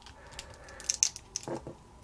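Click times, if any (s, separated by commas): none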